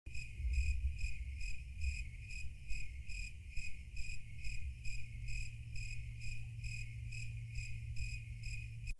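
Cricket chirping, a steady high pulsed tone repeated throughout, over a constant low rumbling hum.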